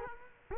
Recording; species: mosquito wingbeat signal from an infrared sensor; Culex quinquefasciatus